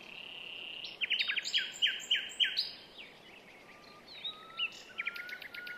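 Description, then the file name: Common nightingale song opening on a drawn-out whistle, then a run of loud repeated chopped notes, followed by soft low whistles and faint high ticking. "Luscinia megarhynchos"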